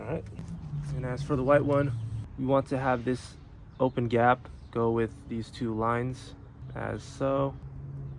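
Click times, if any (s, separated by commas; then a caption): none. Someone talks while the white wire of an ambient LED light kit is being set into the open gap of a plastic wire-tap connector, lined up with its two lines, inside a Mazda CX-5 car door. A low steady hum sits under the voice. The connector has not been pressed shut yet, so nothing has clicked or seated.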